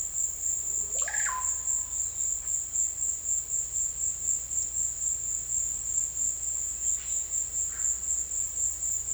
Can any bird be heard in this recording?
yes